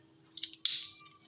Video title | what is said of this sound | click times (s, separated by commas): my first burst Beyblade (unboxing)💥🔥the greatest of all 💪 @Battlebladersoflife@pockettoon🤣😁🦁🦁 | இப்ப lock ஆயிடுச்சு so அது ஏதோ ஒன்னு வெளியில இருந்தது சோ அதை புடிச்சு உள்ள தள்ளிட்டு | 0.7 s